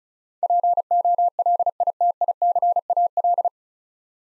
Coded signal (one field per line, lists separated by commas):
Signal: Morse code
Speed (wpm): 36 wpm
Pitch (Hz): 700 Hz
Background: none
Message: POLITICAL